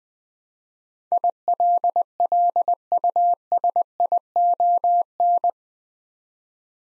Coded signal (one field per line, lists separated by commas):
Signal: Morse code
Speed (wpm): 20 wpm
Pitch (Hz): 700 Hz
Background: none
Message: ILLUSION